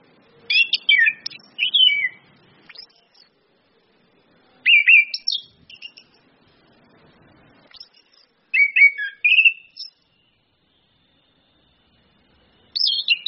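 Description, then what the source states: Orange-headed thrush song: bright, varied whistled phrases with quick trills and rising notes, delivered in bursts about every four seconds with silent gaps between. Indonesian bird-training lure (pancingan, masteran) of Orange-headed thrush in the open ngeplong song style, with female whistles (suitan betina) used to make birds sing persistently (gacor).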